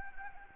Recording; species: mosquito wingbeat signal from an infrared sensor; Anopheles gambiae